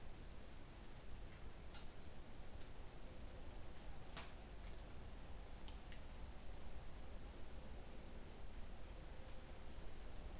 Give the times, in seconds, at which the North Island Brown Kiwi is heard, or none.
none